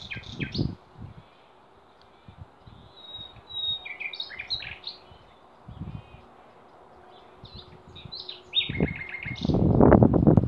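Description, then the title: Songbirds singing: short high chirps and whistled phrases scattered through, with a bright trill near the end, over rumbling low noise bursts. Songbirds singing in Demerje forest, 28 April 2020. "Snimke ptičjeg pjevanja u demerskoj šumi, 28.4.2020."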